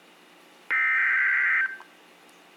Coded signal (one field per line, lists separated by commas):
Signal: Emergency Alert System (SAME) tones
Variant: header bursts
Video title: Flash Flood Warning (EAS Alert #856)